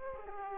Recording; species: mosquito wingbeat signal from an infrared sensor; Aedes aegypti